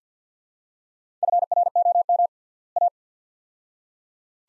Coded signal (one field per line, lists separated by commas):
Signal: Morse code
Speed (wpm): 50 wpm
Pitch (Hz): 700 Hz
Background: none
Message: FROM A